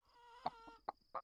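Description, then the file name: Chicken giving three short clucks, spaced unevenly, the first over a longer steady tonal note that ends soon after; a faint steady high whine runs underneath throughout. "Huhn"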